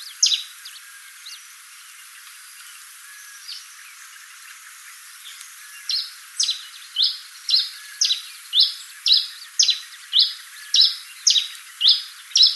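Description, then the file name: Pileated finch chips, faint and scattered at first, then a loud regular run of sharp, high notes roughly every half second. "coryphospingus pileatus"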